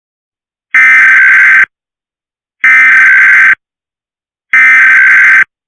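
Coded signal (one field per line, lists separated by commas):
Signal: Emergency Alert System (SAME) tones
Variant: header bursts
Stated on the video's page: Simulated EAS scenario, a test.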